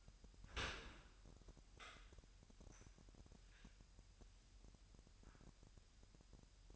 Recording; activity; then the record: daily activity, microphone in the room; open dishwasher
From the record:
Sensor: 2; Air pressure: 998.2 hPa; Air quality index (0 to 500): 146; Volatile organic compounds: 4 ppm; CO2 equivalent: 1654 ppm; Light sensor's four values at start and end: 11/31/12/12 and 11/31/12/12